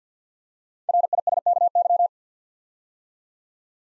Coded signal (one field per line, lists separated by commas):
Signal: Morse code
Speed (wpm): 50 wpm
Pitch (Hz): 700 Hz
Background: none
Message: RISKY